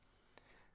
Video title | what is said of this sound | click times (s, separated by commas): Karen Burniston Die 1296 Cruise Ship Add-ons/ Assembly Tutorial by Ken | pop right in and you'll hear actual click you'll feel it | 0.4 s